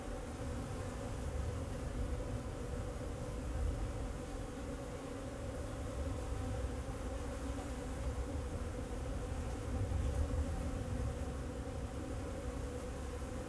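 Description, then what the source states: Bees buzzing in a steady, continuous hum with layered droning tones, over a low rumble in the background. Bees flying around the recordist in Jacques Brelpark, Kersbeeklaan, Vorst, Belgium; train in the background; recorded binaurally with a Sennheiser Ambeo binaural headset.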